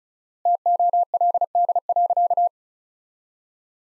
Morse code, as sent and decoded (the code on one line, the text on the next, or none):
- --- .-.. -.. .-.-.-
TOLD.